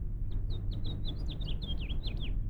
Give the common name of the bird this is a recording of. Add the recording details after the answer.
House Finch. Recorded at Woodmere on Long Island, New York, on 11 June 1975. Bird E